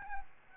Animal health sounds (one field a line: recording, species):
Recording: mosquito wingbeat signal from an infrared sensor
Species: Aedes albopictus